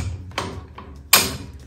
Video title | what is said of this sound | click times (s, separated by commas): ZeBoZap - Snap On TV Mount - Gazebo TV Mount - Outdoor TV Mount for Gazebo, Patios, Post And Trees. | You hear the click. Click means it's locked into place. | 1.1 s